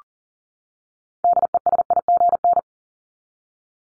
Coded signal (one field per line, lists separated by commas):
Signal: Morse code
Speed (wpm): 40 wpm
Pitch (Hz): 700 Hz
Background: none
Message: DESIGN